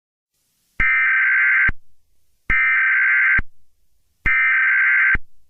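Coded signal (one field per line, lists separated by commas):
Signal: Emergency Alert System (SAME) tones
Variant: header bursts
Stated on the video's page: Fictional EAS scenario, requested story, edited simulated alert.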